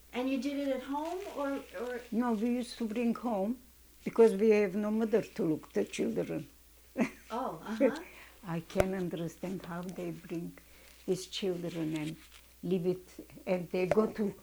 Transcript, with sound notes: And you did it at home, or...
No. We used to bring home, because we have no mother, too, the children. ( she laughs )
Oh. Uh-huh.
I can't understand how they bring these children in and leave it, and they go to.